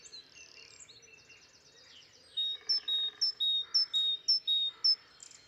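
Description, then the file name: Great tit singing bright see-saw two-note phrases in a quick regular series during the second half, after a stretch of mixed chirping from other birds. "Parus major"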